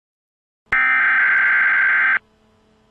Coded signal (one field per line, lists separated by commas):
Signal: Emergency Alert System (SAME) tones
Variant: header bursts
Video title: EAS local area emergency